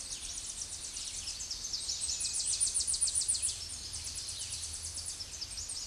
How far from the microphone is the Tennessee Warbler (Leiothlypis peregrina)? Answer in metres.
about 35 m